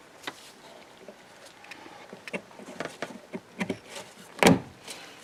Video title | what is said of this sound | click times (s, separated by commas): Lovely Jade Diagnosing and Replacing a Weak Fuel Pump on MK4 VW Beetle | When you hear it click, that means it's on, secured. | 4.4 s